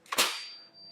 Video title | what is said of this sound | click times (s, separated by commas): MG51: When the Swiss Make an MG42 | That loud click you hear is the release of the accelerator cam. | 0.1 s